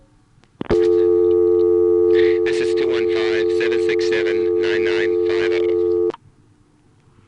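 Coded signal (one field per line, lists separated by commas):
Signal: telephone call progress tone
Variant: North America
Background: speech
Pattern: dial tone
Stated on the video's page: Recorded in August 1976 from a No. 1 ESS exchange in Allentown, PA, including coin zone, with some 1974 Long Island recordings.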